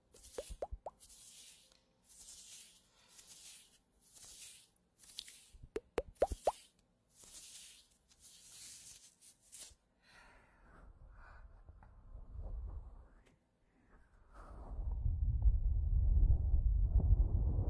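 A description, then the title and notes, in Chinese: Gloved hands rub against stockings in a steady series of soft, bright swishes, one roughly every second, with a few sharp clicks and plops near the start and around six seconds. After ten seconds the rubbing stops, and a loud, low rumbling handling noise takes over near the end. 丝袜手套摩擦音。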